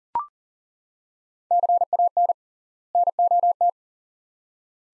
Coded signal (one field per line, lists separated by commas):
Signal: Morse code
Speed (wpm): 40 wpm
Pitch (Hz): 700 Hz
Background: none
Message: CAN NOT